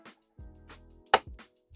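On a 2024 Honda CBR650R, a small Allen key presses in the center of a plastic push pin retainer in the tail fairing until it gives its initial little click, which releases the lock so the pin can come out; pushing past that click would drive it all the way through and break it. Over a low steady hum with faint scrapes, one sharp, bright click stands out at 1.1 s, and the pin is released.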